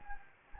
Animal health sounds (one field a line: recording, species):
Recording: mosquito wingbeat signal from an infrared sensor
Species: Anopheles gambiae